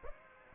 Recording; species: mosquito wingbeat signal from an infrared sensor; Aedes aegypti